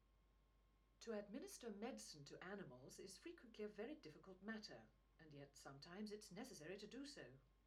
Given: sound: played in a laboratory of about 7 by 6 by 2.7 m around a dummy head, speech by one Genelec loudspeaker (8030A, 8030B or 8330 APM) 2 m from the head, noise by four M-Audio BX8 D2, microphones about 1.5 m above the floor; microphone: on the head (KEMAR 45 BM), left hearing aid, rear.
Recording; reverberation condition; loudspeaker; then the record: female speech in English; low; 60 degrees to the left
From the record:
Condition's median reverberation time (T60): about 310 ms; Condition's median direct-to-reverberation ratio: about 3.5 dB